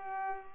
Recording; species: mosquito wingbeat signal from an infrared sensor; Culex pipiens